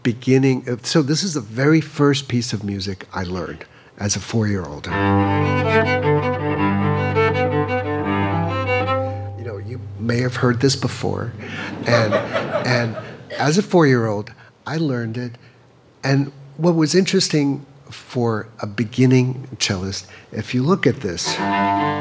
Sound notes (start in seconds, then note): 4.8 playing cello; 11.5 laughter